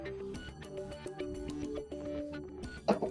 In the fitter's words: and we have to just push it until you hear the click.